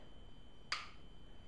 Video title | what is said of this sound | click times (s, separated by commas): Gerber Epic and Mini-Remix Knives - Camping Gear TV 79 | So, sometimes putting it back in, you want to hear this click. | 0.7 s